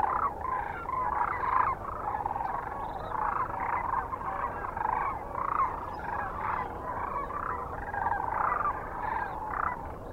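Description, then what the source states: Sandhill cranes in a dense chorus of rolling, gurgling bugles, many birds calling at once in a continuous overlapping din. Kearney, Nebraska, on 9 March 2004.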